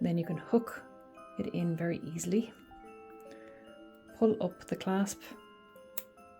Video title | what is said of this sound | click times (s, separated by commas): Virginia Moon Magnetic Bracelet - Unbox Your Perfect Christmas Gift | and close it with a click make sure that you hear it click to ensure that it's secure | 6.0 s